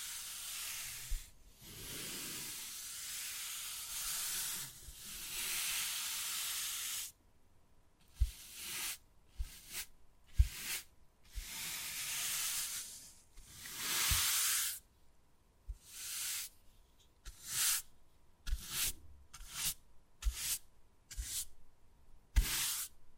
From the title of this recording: Wood Carving, Tapping and Scratching Sounds